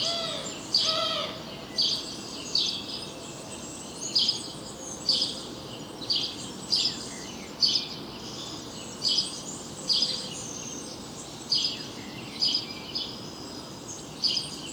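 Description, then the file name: House sparrow chirping, short high notes repeated roughly once a second over a steady background hiss. "Passer domesticus"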